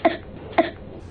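Two short, sharp coughs from a child with whooping cough (pertussis).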